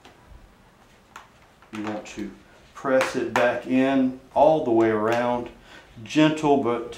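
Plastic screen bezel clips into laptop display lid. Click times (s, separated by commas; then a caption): 0.1 s, 1.2 s. A plastic screen bezel on an ASUS X44H laptop is pressed back onto the display lid, and its clips snap into place with sharp clicks at 0.1 and 1.2 seconds. The bezel ends up seated, and then someone talks.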